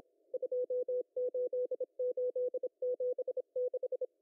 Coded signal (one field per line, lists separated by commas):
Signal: Morse code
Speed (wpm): 27 wpm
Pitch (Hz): 500 Hz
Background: none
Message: 28876